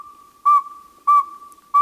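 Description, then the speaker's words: Northern Saw-whet Owl tooting: short, even whistled toots at a steady pace over a steady thin tone. Heard at night in summer, mistaken for a big truck backing up; named for a sound like a saw being sharpened on a stone; common in forests of southern Canada and northern U.S. ""Oh, you must have heard the saw-whet owl," the neighbor said."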